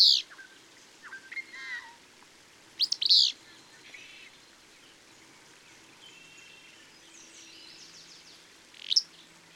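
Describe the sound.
Bird song: a loud high chirp opens, soft twittering follows, then a bright burst of sweeping notes and a last chirp near the end.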